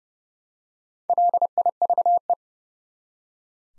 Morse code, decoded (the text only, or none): LIVE